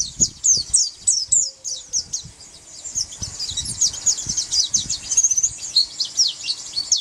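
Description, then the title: White-eye song: a fast, unbroken stream of high, thin chirps and twittering notes, tumbling up and down without pause, with faint low rustling beneath. "Pleci"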